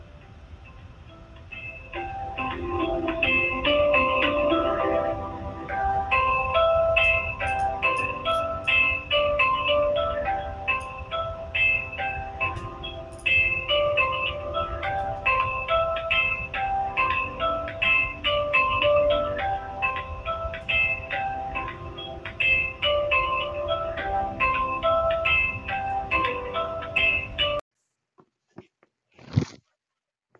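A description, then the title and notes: Tinny hold music from a bank's phone line plays a steady, bright looping melody over a low hum, then stops abruptly before a brief blip. This is a recording of being on hold with a major Canadian bank.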